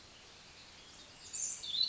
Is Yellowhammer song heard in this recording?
no